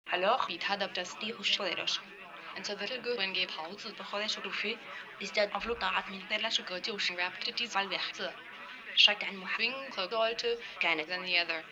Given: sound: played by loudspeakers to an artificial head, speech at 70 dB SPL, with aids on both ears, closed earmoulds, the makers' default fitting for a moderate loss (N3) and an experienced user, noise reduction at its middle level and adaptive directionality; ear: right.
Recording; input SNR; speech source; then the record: speech test signal (ISTS) in cocktail-party noise; +6 dB; on the right (90 degrees)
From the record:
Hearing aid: class 1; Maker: F